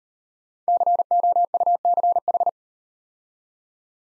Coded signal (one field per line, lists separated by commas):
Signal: Morse code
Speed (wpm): 38 wpm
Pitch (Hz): 700 Hz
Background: none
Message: COUCH